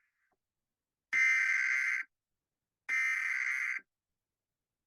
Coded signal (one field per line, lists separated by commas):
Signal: Emergency Alert System (SAME) tones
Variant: header bursts